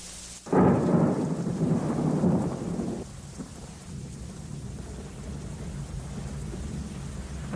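A heavy roll of thunder bursts in and rumbles for a few seconds, then fades into a steady, soft patter of rain that continues on its own.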